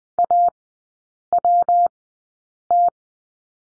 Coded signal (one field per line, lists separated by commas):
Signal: Morse code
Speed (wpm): 20 wpm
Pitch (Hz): 700 Hz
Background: none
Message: AWT